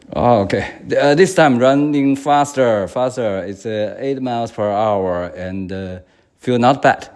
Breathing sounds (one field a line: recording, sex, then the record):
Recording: free speech after running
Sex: male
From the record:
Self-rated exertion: vigorous exertion (4 of 6)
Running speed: 8 miles an hour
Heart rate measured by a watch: 120 beats a minute at the start, 123 at the end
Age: 57 years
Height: 170 cm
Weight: 58 kg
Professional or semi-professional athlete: no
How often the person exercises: 3 to 5 times a week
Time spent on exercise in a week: 4 to 5 hours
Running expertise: no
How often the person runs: 3 to 5 times a week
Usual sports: running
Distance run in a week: 50 km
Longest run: 50 km